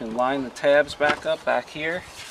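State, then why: Not seated. Someone talks while lining up the tabs of a tail light (brake light) assembly on a 2003 Subaru Impreza WRX Wagon, about to push them into the car body. Only the talking is heard, with no distinct knock or click. Nothing has seated or clicked yet.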